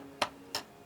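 The plastic tonearm of a Crosley Genesis record player is handled over its tonearm rest, which has a built-in holder meant to clamp it in place. Two sharp ticks are heard at 0.2 s and 0.6 s against a faint background hum. The arm has not yet locked into the rest; nothing has seated or clicked yet.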